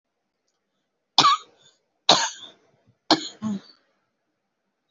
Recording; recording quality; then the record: shallow voluntary cough; excellent, no background noise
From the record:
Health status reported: healthy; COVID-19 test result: negative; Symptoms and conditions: cough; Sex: female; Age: 44 years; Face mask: not worn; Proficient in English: yes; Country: India